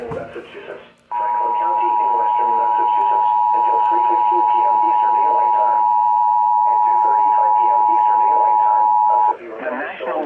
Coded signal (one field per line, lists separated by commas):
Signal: Emergency Alert System (SAME) tones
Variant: 853 and 960 Hz attention tone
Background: speech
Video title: Absolute Craziness in New England: My Old Kentucky Storms|EAS Alerts from 5/3/25